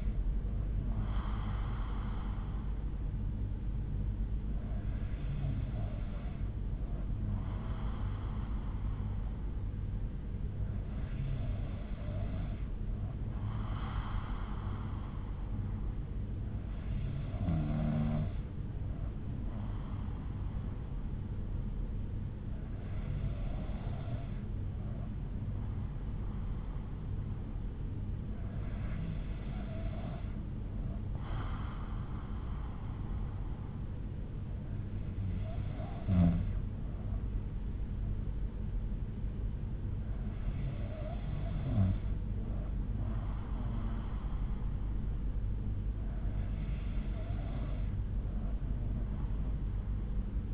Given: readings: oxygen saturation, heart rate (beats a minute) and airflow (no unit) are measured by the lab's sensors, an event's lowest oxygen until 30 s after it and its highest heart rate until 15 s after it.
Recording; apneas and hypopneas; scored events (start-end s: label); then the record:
breathing in sleep by a smartphone at the bedside; none
none scored
From the record:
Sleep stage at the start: N3 (deep sleep); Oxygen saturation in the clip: 93 to 94%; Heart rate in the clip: 58 to 63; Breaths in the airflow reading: 8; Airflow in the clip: -5.9 to 3.4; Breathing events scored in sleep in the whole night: 368 in 8.0 hours asleep